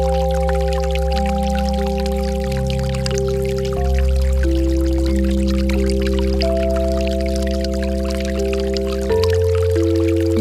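Sustained synthetic tones shift slowly in pitch over a low drone, with a soft, steady trickle of water running throughout.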